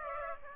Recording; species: mosquito wingbeat signal from an infrared sensor; Aedes aegypti